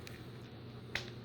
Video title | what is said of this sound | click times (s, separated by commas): Neca Ultimate Frankenstein Action Figure Review | there it is hear that click | 1.0 s